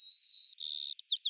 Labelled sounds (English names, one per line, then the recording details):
White-crowned Sparrow song
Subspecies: nuttalli
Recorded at Gualala, California, in 2014
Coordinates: 38.757, -123.518
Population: north
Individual GUA_male1_14